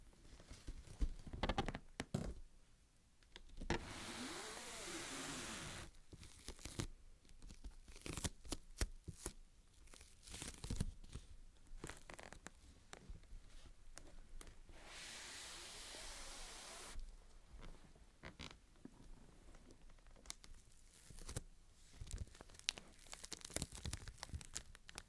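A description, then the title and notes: A microphone is unboxed, with dense crinkling, tapping and sharp clicks of packaging handled throughout. Two longer bright tearing or rustling bursts stand out, around four to six seconds and again near fifteen to seventeen seconds. Crisp and Bassy Microphone Unboxing. No Talking.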